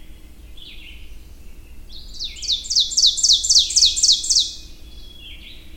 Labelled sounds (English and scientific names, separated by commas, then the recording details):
Ovenbird (Seiurus aurocapilla) song
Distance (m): 5 m
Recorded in boreal forest in Alberta, Canada, on 22 June 2016 at 05:51
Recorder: SongMeter 3, array SBT-6-76
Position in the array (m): 151 m, 109 m
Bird 3